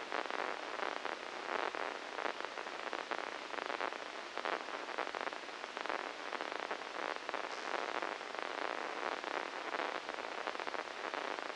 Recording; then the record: brain microelectrode recording played as sound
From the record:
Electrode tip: inside the subthalamic nucleus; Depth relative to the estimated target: -3 mm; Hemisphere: left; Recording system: NeuroSet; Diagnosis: Parkinson's disease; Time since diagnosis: 9 years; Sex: female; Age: 51 years